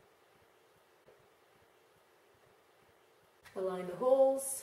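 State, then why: Not seated. An XLR cable plug, the end with three openings, is handled and lined up with a RØDE NT1 microphone before being pushed home. The clip is mostly quiet with a faint handling sound at about 1.1 s, then someone talks from about 3.5 s. Nothing has seated or clicked yet.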